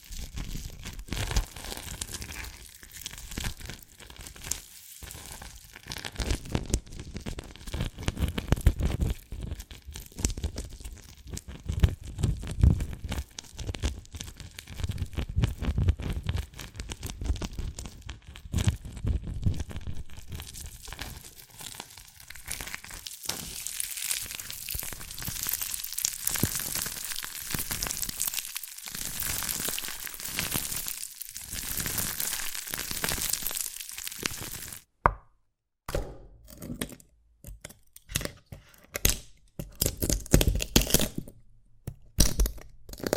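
Dalgona candy being tapped and cracked, a dense run of small crackling, crinkling and crunching sounds. The first twenty seconds carry more low thumps, then the texture turns brighter and scratchier. After about 35 seconds it thins into separate taps with silent gaps between them.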